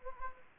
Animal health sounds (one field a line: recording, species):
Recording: mosquito wingbeat signal from an infrared sensor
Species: Anopheles gambiae